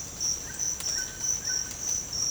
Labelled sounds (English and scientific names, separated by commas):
none